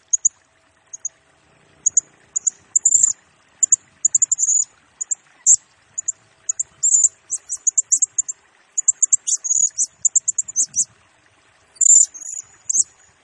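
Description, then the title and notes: Blue-crowned hanging parrot singing a long run of piercing high chirps mixed with short buzzy bursts, sparse at first and densest between about nine and eleven seconds. Lure recording for training birds; energetic 'gacor' singing in the 'nembak' style, said to provoke other birds; 'nasteran' and lure sounds. "Burung Serindit Nembak Gacor Bikin Emosi Semua Burung. Suara Nasteran Dan Pemikat Burung Serinditan Gacor"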